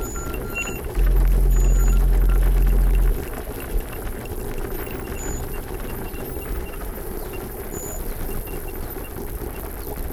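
Riding a ski chairlift, a steady low rumble and rattle of machinery runs throughout. From about one to three seconds a loud deep hum swells over everything, then drops away. Faint high chirps and squeaks come and go above the rumble.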